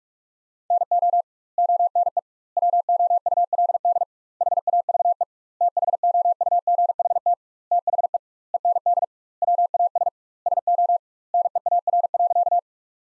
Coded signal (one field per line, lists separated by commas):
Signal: Morse code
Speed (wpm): 46 wpm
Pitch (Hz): 700 Hz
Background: none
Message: NO ONE WOULD HAVE THOUGHT THE END WAS SO NEAR.